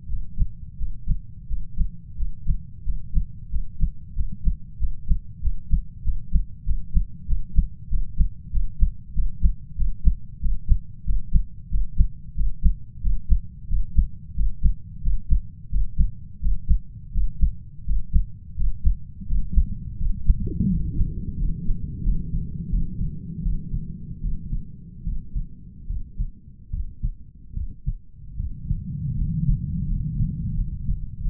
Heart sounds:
heart sounds by stethoscope; 87 bpm
0.07 s: heartbeat
0.76 s: heartbeat
1.46 s: heartbeat
2.15 s: heartbeat
2.83 s: heartbeat
3.49 s: heartbeat
4.13 s: heartbeat
4.77 s: heartbeat
5.40 s: heartbeat
6.02 s: heartbeat
6.64 s: heartbeat
7.26 s: heartbeat
7.88 s: heartbeat
8.51 s: heartbeat
9.13 s: heartbeat
9.75 s: heartbeat
10.40 s: heartbeat
11.04 s: heartbeat
11.69 s: heartbeat
12.35 s: heartbeat
13.01 s: heartbeat
13.68 s: heartbeat
14.34 s: heartbeat
15.01 s: heartbeat
15.69 s: heartbeat
16.40 s: heartbeat
17.12 s: heartbeat
17.84 s: heartbeat
18.55 s: heartbeat
19.26 s: heartbeat
19.97 s: heartbeat
20.67 s: heartbeat
21.37 s: heartbeat
22.03 s: heartbeat
22.70 s: heartbeat
23.42 s: heartbeat
24.21 s: heartbeat
25.04 s: heartbeat
25.87 s: heartbeat
26.71 s: heartbeat
27.54 s: heartbeat
28.37 s: heartbeat
29.15 s: heartbeat
29.87 s: heartbeat
30.55 s: heartbeat
31.22 s: heartbeat
From the record:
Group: healthy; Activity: breath hold 0-20 s, rest 20-31 s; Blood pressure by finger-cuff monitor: 108/78 mmHg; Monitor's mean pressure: 86 mmHg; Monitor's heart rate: 86 bpm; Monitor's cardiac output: 6.7 L/min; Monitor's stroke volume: 77 mL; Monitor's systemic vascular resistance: 950 dyn s/cm5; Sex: male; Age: 33 years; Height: 179 cm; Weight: 80.4 kg

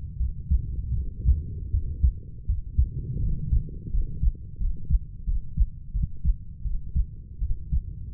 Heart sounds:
heart sounds by stethoscope; 83 bpm
0.17 s: heartbeat
0.94 s: heartbeat
1.71 s: heartbeat
2.46 s: heartbeat
3.20 s: heartbeat
3.90 s: heartbeat
4.58 s: heartbeat
5.25 s: heartbeat
5.92 s: heartbeat
6.63 s: heartbeat
7.39 s: heartbeat
From the record:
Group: healthy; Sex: female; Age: 32 years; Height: 168 cm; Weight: 61.9 kg

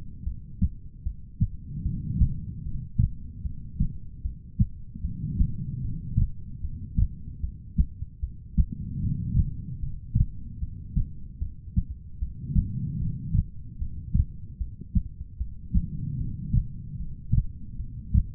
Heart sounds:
heart sounds by stethoscope; 75 bpm
0.24 s: heartbeat
1.03 s: heartbeat
1.83 s: heartbeat
2.63 s: heartbeat
3.42 s: heartbeat
4.22 s: heartbeat
5.02 s: heartbeat
5.81 s: heartbeat
6.61 s: heartbeat
7.41 s: heartbeat
8.20 s: heartbeat
9.00 s: heartbeat
9.80 s: heartbeat
10.59 s: heartbeat
11.39 s: heartbeat
12.19 s: heartbeat
12.98 s: heartbeat
13.78 s: heartbeat
14.58 s: heartbeat
15.37 s: heartbeat
16.17 s: heartbeat
16.97 s: heartbeat
17.77 s: heartbeat
From the record:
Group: heart failure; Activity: rest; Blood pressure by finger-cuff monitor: 93/61 mmHg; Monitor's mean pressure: 74 mmHg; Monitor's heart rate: 75 bpm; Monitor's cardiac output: 4.9 L/min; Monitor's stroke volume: 65 mL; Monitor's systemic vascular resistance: 1080 dyn s/cm5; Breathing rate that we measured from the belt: 17 breaths a minute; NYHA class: 2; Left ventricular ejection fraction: 58%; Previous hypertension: present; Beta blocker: bisoprolol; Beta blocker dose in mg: 5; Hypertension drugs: ramipril, spironolactone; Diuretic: furosemide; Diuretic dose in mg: 160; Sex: female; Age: 55 years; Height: 155 cm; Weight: 67 kg

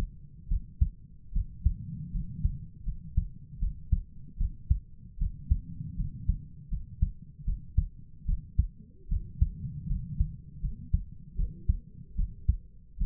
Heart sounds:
heart sounds by stethoscope; 77 bpm
0.49 s: heartbeat
1.34 s: heartbeat
2.13 s: heartbeat
2.86 s: heartbeat
3.60 s: heartbeat
4.38 s: heartbeat
5.19 s: heartbeat
5.97 s: heartbeat
6.70 s: heartbeat
7.45 s: heartbeat
8.26 s: heartbeat
9.09 s: heartbeat
9.89 s: heartbeat
10.62 s: heartbeat
11.37 s: heartbeat
12.17 s: heartbeat
12.99 s: heartbeat
From the record:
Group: healthy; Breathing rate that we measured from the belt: 16 breaths a minute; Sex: female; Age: 22 years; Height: 160 cm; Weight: 63 kg

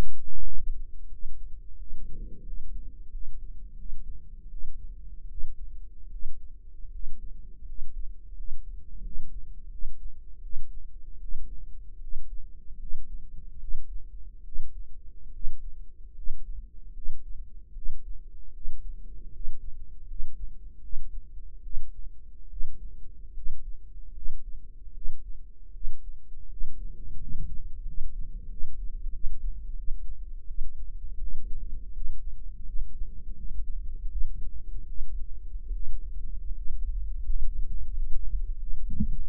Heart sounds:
heart sounds by microphone in the right ear; 80 bpm
0.42 s: heartbeat
1.10 s: heartbeat
1.77 s: heartbeat
2.44 s: heartbeat
3.11 s: heartbeat
3.76 s: heartbeat
4.49 s: heartbeat
5.28 s: heartbeat
6.10 s: heartbeat
6.91 s: heartbeat
7.65 s: heartbeat
8.35 s: heartbeat
9.02 s: heartbeat
9.69 s: heartbeat
10.41 s: heartbeat
11.20 s: heartbeat
12.00 s: heartbeat
12.78 s: heartbeat
13.59 s: heartbeat
14.43 s: heartbeat
15.32 s: heartbeat
16.14 s: heartbeat
16.93 s: heartbeat
17.73 s: heartbeat
18.52 s: heartbeat
19.32 s: heartbeat
20.07 s: heartbeat
20.80 s: heartbeat
21.61 s: heartbeat
22.48 s: heartbeat
23.33 s: heartbeat
24.13 s: heartbeat
24.93 s: heartbeat
25.72 s: heartbeat
26.48 s: heartbeat
27.18 s: heartbeat
27.84 s: heartbeat
28.48 s: heartbeat
29.11 s: heartbeat
29.75 s: heartbeat
30.46 s: heartbeat
31.19 s: heartbeat
31.92 s: heartbeat
32.64 s: heartbeat
33.36 s: heartbeat
34.09 s: heartbeat
34.86 s: heartbeat
35.72 s: heartbeat
36.54 s: heartbeat
37.26 s: heartbeat
37.94 s: heartbeat
38.59 s: heartbeat
39.20 s: heartbeat
From the record:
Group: healthy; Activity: rest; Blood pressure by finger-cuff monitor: 124/70 mmHg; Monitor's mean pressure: 81 mmHg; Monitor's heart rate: 76 bpm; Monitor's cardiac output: 7.3 L/min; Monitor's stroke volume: 93 mL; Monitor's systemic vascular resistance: 810 dyn s/cm5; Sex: male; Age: 23 years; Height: 179 cm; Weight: 87 kg

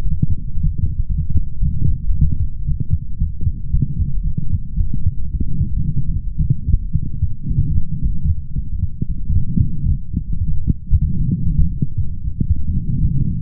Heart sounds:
heart sounds by stethoscope; 113 bpm
0.28 s: heartbeat
0.80 s: heartbeat
1.33 s: heartbeat
1.85 s: heartbeat
2.38 s: heartbeat
2.91 s: heartbeat
3.44 s: heartbeat
3.97 s: heartbeat
4.50 s: heartbeat
5.04 s: heartbeat
5.59 s: heartbeat
6.12 s: heartbeat
6.66 s: heartbeat
7.20 s: heartbeat
7.74 s: heartbeat
8.27 s: heartbeat
8.80 s: heartbeat
9.33 s: heartbeat
9.86 s: heartbeat
10.39 s: heartbeat
10.91 s: heartbeat
11.44 s: heartbeat
11.96 s: heartbeat
12.48 s: heartbeat
13.00 s: heartbeat
From the record:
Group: healthy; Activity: light exercise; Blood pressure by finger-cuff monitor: 108/76 mmHg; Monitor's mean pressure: 87 mmHg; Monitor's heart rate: 113 bpm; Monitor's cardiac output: 8.5 L/min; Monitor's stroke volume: 74 mL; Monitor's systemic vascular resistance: 730 dyn s/cm5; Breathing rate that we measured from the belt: 32 breaths a minute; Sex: male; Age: 20 years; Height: 187 cm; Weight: 68.9 kg

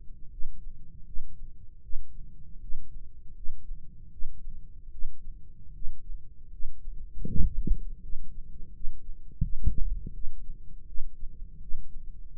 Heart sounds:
heart sounds by microphone in the right ear; 80 bpm
0.29 s: heartbeat
1.04 s: heartbeat
1.81 s: heartbeat
2.59 s: heartbeat
3.33 s: heartbeat
4.09 s: heartbeat
4.90 s: heartbeat
5.72 s: heartbeat
6.50 s: heartbeat
7.26 s: heartbeat
8.00 s: heartbeat
8.71 s: heartbeat
9.40 s: heartbeat
10.11 s: heartbeat
10.85 s: heartbeat
11.59 s: heartbeat
12.29 s: heartbeat
From the record:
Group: healthy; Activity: rest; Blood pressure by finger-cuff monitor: 146/89 mmHg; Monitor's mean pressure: 104 mmHg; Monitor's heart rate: 81 bpm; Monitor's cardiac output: 6.6 L/min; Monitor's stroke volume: 82 mL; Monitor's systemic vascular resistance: 1160 dyn s/cm5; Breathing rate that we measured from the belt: 19 breaths a minute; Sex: male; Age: 21 years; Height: 180 cm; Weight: 67.5 kg

